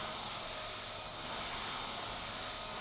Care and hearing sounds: daily activity, microphone in the room; vacuum cleaning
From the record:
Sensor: 5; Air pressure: 1010.3 hPa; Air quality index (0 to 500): 120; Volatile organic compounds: 2 ppm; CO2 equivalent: 1180 ppm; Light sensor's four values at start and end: 490/1249/517/577 and 490/1250/518/577

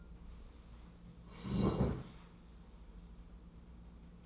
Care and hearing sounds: daily activity, microphone in the room; sit down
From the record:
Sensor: 1

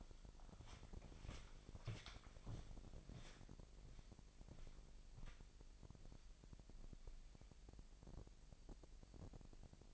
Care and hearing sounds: daily activity, microphone in the room; walk to room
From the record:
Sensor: 5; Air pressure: 1002.1 hPa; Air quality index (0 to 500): 250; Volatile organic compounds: 7 ppm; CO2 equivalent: 2028 ppm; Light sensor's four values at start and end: 33/76/31/33 and 33/78/32/33

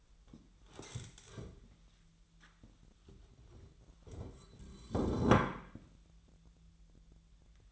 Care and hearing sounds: daily activity, microphone in the room; stand up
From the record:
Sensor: 3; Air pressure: 1001.6 hPa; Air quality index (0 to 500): 248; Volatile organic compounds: 142 ppm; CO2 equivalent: 3987 ppm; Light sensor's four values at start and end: 11/25/10/10 and 10/22/10/10

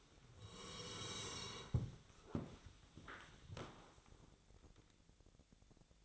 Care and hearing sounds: daily activity, microphone in the room; sit down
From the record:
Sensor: 3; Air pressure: 1000.4 hPa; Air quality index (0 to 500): 172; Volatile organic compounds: 3 ppm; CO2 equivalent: 1497 ppm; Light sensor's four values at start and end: 13/29/12/13 and 13/30/13/13

